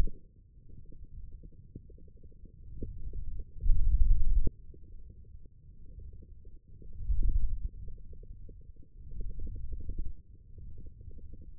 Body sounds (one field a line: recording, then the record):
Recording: forearm muscle sounds (acoustic myography)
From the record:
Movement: hand closing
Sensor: system 1, eight BSWA MPA416 microphones around the upper forearm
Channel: 5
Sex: male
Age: 20 years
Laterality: left